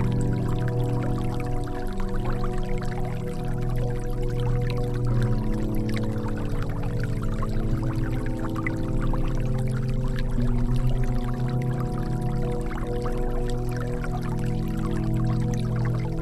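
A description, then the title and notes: Water flows steadily throughout, a dense, unbroken pour with a strong low rumble and several steady tones humming underneath. Quick splashy ticks and spatters flicker across the top continuously, and the level stays nearly constant from start to finish. Nature sound - Water flow sound.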